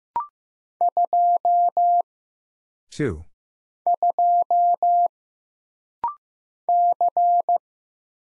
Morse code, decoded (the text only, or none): 2 2 C